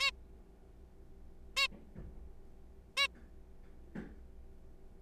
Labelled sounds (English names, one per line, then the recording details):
Zebra Finch
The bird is a juvenile
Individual R3428